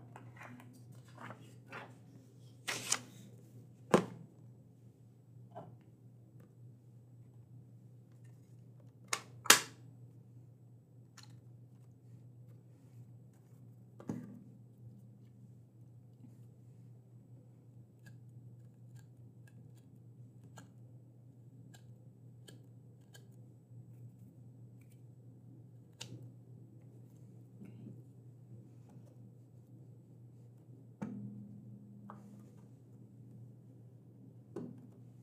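A librarian checks through and prepares books, with a steady low hum running under the whole stretch. Sharp clicks, taps and brief rustles come irregularly. The loudest cluster falls near the start, around three to ten seconds, and a few softer handling sounds come later.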